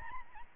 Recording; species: mosquito wingbeat signal from an infrared sensor; Aedes albopictus